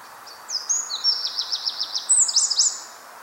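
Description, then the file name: Eurasian wren producing a rapid string of high, scratchy chips in an even rhythm, framed by thin whistled notes at the start and end. "Troglodytes troglodytes"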